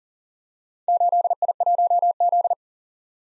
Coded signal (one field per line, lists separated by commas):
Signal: Morse code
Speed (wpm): 42 wpm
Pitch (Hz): 700 Hz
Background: none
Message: 8I1Z